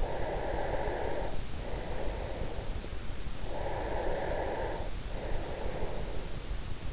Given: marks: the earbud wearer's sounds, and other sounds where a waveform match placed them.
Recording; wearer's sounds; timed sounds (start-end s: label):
sounds in sleep by an in-ear microphone; breath
0.00-2.83 s: breath
3.53-6.65 s: breath